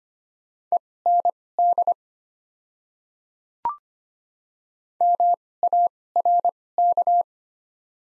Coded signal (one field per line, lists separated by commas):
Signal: Morse code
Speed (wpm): 25 wpm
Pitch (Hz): 700 Hz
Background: none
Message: END MARK